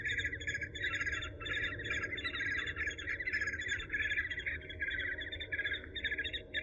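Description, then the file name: Eurasian hobby chirps in steady pulsing bursts with ringing overtones, continuing throughout above a low rumbling hum. "suara alap walet"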